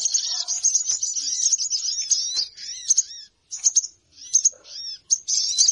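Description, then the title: Birds twittering in a bright, rapid chatter that breaks into separate sharp chirps and short bursts, with silent gaps toward the end. Noisy bird calls used as a lure to attract birds, which are said to gather close soon after it starts. "Baru Diputar Dah Banyak Merapat! Suara Pikat Burung Ribut"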